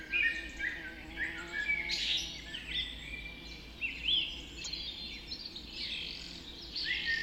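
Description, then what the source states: Birds in a bird, scattered whistles and trills over a steady background hum. Bird recorded just after dawn in the Forest of Dean.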